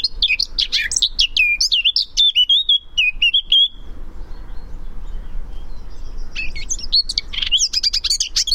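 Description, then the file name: Eurasian blackcap song: hurried scratchy warble ending in a few clear, fluted whistled notes, then a fresh burst of high twittering after a quiet stretch. "Sylvia atricapilla"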